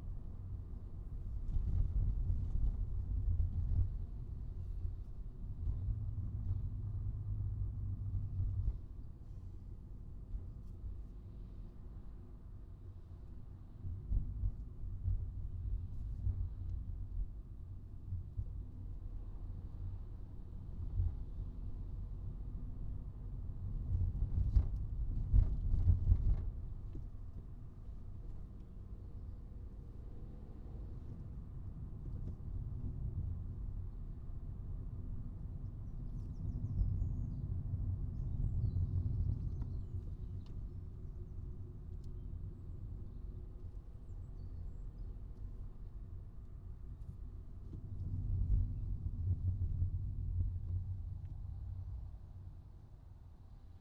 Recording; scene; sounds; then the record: everyday scene through a hearing-aid microphone; in a vehicle; engine, highway traffic jam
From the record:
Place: Skoda Fabia, gasoline engine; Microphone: in the ear canal, right